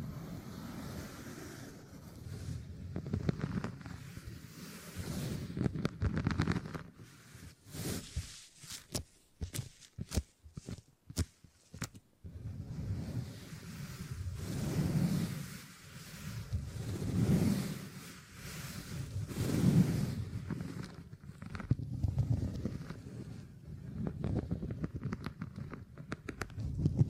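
Beeswax is handled in a run of soft, low rubbing and squishing sounds that swell and fade in slow waves. Around the middle comes a burst of sharp, rapid crackles and taps with brief gaps between them, then the slower rubbing returns.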